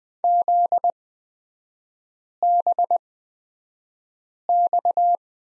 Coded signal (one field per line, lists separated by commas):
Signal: Morse code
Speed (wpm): 20 wpm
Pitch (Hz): 700 Hz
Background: none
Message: ZBX